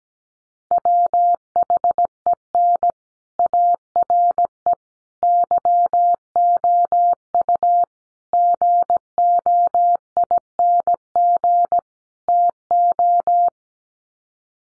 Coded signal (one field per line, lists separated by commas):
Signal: Morse code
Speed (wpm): 17 wpm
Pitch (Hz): 700 Hz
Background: none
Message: WHEN ARE YOU GOING TO